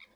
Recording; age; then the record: pig call; piglet (1 to 25 days)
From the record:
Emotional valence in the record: positive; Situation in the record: short reunion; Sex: female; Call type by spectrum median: low-frequency call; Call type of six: mixed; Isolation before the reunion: 3 minutes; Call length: 0.15 s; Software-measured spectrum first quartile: 2051 Hz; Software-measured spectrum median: 2412 Hz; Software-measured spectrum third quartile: 3710 Hz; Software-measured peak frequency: 2270 Hz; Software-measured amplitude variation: 136 dB a second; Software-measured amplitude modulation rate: 13.2 a second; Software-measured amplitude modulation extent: 10.4 dB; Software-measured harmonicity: 7.2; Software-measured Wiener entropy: -1.57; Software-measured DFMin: 652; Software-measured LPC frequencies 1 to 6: 987, 2244, 3697, 4821, 6127, 6978 Hz